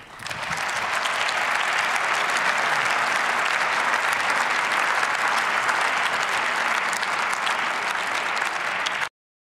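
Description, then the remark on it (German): Sustained applause in a parliament after a speech, a large seated assembly with many hands clapping in a dense, steady roar that holds at an even level for about nine seconds before cutting off abruptly; members of the AfD and the Left party are not clapping. “Ja, und das war jetzt zum Beispiel der Punkt, wenn ihr darauf geachtet habt, bei der AfD und bei den Linken hat keiner geklatscht, als er das gesagt hat.”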